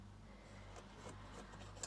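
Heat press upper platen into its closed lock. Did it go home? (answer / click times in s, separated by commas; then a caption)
no / none. Someone pushes a heat press's upper platen down into its closed lock, and there is a low steady hum with soft rubbing and scraping. A sharp transient comes at 1.8 s, but the latch fails to catch and nothing has seated or clicked yet.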